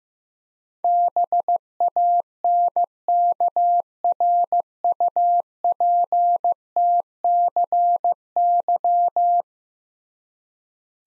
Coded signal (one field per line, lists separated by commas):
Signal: Morse code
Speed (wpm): 15 wpm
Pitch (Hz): 700 Hz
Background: none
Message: BANKRUPTCY